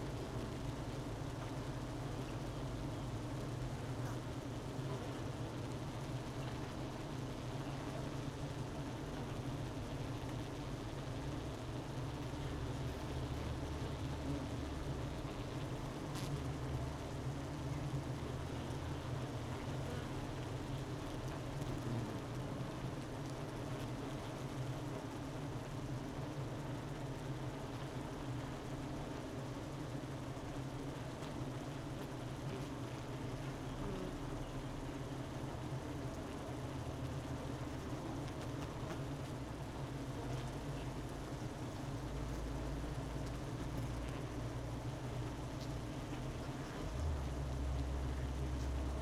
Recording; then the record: honeybee colony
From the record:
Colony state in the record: missing queen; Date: 31 May 2018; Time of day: 12:24